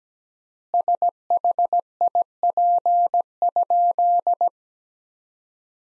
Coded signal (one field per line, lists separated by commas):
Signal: Morse code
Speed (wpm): 17 wpm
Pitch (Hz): 700 Hz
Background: none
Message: SHIP?